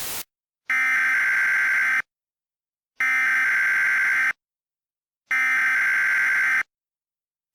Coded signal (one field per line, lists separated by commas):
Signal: Emergency Alert System (SAME) tones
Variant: header bursts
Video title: EAS Mock 17: The October War